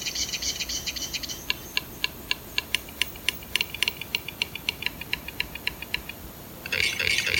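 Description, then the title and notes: Western capercaillie display clicks: scratchy noise at first, then a run of crisp, evenly spaced knocking ticks, ending in another burst of scratchy noise. Male recorded in a Swedish forest; the species makes accelerating clicking sounds; recording looped and layered into music from five repeating copies gradually coming into phase. "Andreas made an audio recording in the Swedish forest of a Capercaillie cock"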